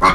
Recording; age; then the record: pig call; piglet (1 to 25 days)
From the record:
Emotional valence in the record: positive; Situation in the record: reunion after long isolation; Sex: female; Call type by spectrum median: low-frequency call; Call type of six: low-frequency tonal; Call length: 0.15 s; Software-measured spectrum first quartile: 866 Hz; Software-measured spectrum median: 1146 Hz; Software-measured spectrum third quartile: 1709 Hz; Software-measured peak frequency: 1126 Hz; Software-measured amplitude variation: 103 dB a second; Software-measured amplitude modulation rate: 10.0 a second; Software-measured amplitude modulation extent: 10.4 dB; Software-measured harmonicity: 3.0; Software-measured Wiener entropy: -1.26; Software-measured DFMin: 901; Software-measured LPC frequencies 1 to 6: 1114, 2123, 3358, 4225, 5689, 6854 Hz